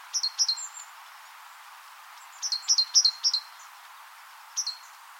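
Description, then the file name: Great tit calls, clipped high double notes in quick runs of four or five, a pause, then a single short pair near the end. "Parus major"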